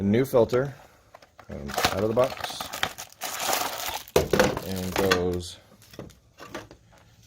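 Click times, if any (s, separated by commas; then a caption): 6.6 s. A new paper cartridge oil filter for a 2017 Jeep Cherokee (KL) 3.2L V6 is unwrapped and pushed into the plastic filter housing cap, and someone talks as packaging crinkles. A sharp snap at 6.6 seconds marks the cartridge clicking into place, seated in the cap.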